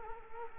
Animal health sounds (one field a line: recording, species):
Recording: mosquito wingbeat signal from an infrared sensor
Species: Culex quinquefasciatus